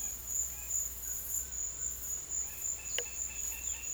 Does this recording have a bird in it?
yes